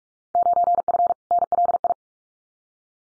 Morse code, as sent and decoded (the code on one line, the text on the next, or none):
----. ..-. / -. .-.. ..
9F NLI